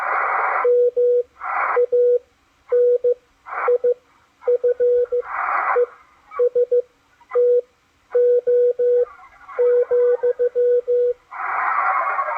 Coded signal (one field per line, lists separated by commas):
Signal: Morse code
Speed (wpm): 15 wpm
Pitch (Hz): 490 Hz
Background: none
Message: MANIFESTO,